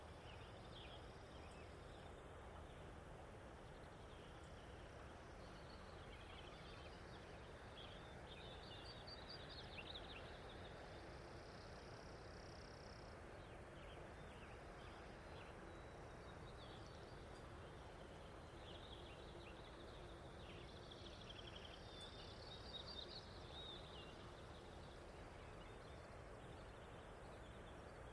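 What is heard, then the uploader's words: A dawn chorus over a mountain meadow and forest edge, with scattered bird calls and trills rising in the upper range throughout. Beneath them runs a steady, dense low rumble like traffic or wind, holding an even level for the whole stretch. Long Dawn. Recently I had the pleasure to spend several days recording on the wonderfully-named Skull and Crossbones Ridge in the Loomis Natural Resources Conservation Area in Okanogan County. Subalpine wet meadow, mountain sagebrush scrub, and forest consisting of Lodgepole Pine, Subalpine Fir, and Alpine Larch.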